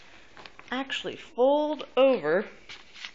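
Someone talks while the short end panel of a Graco Pack 'n Play Mini folding baby play yard frame is handled and folded over, with faint handling ticks near the start and end. The snap fitting has not clicked or seated yet by the end of the clip.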